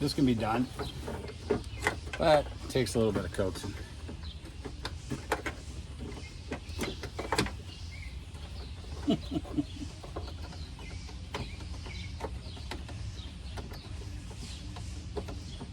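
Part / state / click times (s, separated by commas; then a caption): door lock actuator/latch assembly into car rear door / not seated / none. A door lock actuator and latch assembly on a 2009 Ford Escape is worked and coaxed into position inside the rear door while someone talks, producing a series of sharp knocks and metallic clicks. Nothing has seated or clicked home yet.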